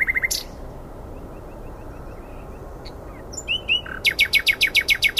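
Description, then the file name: Common nightingale song with a brief loud burst, a run of faint repeated ticks, then whistled notes building into a rapid, evenly repeated series of loud chirps. "Luscinia megarhynchos"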